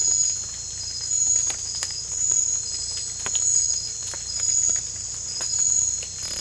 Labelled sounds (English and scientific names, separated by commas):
none